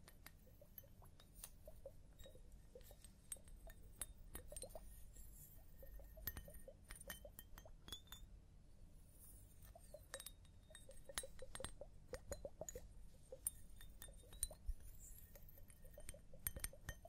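Wet hair washing and scalp massage with frequent crisp clicks and clinks, soft squishing, and a low steady rumble underneath throughout.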